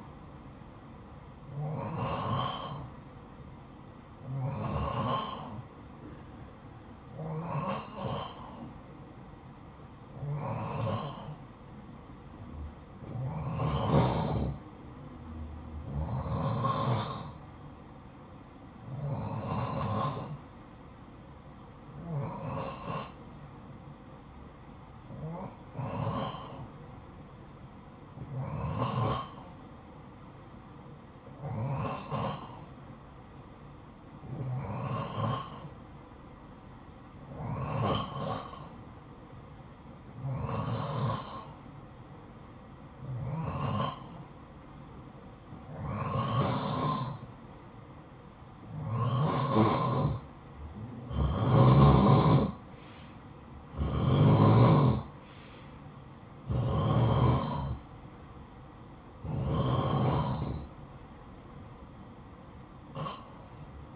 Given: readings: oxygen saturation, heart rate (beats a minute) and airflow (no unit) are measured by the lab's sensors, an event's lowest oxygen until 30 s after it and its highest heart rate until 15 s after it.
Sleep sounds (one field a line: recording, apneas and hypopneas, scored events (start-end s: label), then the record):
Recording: breathing in sleep by a smartphone at the bedside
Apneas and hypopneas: none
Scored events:
none scored
From the record:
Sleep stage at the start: N2 (light sleep)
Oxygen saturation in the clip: 88 to 91%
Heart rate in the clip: 52 to 59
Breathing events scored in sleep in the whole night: 573 in 9.8 hours asleep